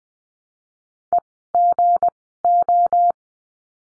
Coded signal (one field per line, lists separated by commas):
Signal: Morse code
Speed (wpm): 20 wpm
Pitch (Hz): 700 Hz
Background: none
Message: EGO